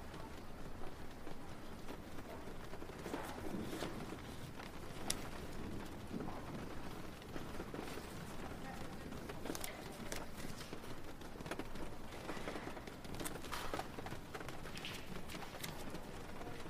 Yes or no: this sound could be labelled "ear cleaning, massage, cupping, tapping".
no